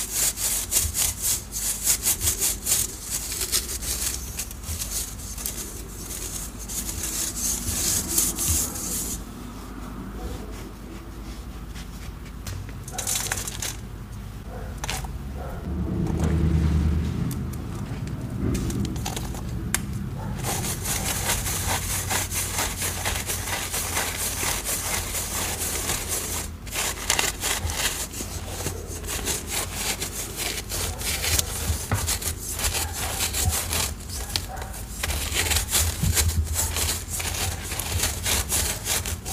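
Dense, gritty scraping and crunching of dyed chalk and cornstarch, steady and fast, easing into softer rubbing around ten and twenty seconds.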